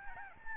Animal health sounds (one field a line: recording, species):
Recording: mosquito wingbeat signal from an infrared sensor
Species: Aedes albopictus